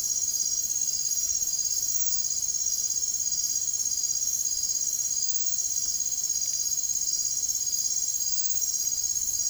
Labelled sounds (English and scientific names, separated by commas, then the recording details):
none
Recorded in dense forest near Puerto Asís, Putumayo, Colombia, on 23 June 2025 at 00:30
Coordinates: 0.503, -76.323
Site G059